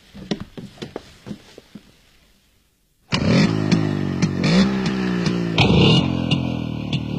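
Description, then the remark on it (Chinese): A few sputtering clicks and a short pause, then a motorcycle engine roars to life and revs loudly, its pitch climbing and dropping in several throaty surges. “谁好发动吗？ 当然了，你可以试试。”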